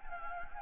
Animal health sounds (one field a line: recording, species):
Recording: mosquito wingbeat signal from an infrared sensor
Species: Anopheles gambiae